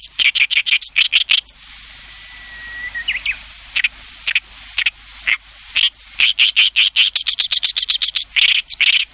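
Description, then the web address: Oriental reed warbler singing loud, croaking repeated notes in fast rattling runs, broken by a pause where a single thin whistled note slides in. "sikioto. ooyoshikiri"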